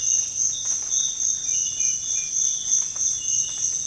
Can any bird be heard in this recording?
no